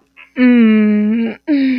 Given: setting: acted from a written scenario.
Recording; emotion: vocal sound without words; ecstasy